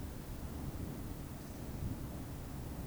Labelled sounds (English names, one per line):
Eurasian Woodcock whistle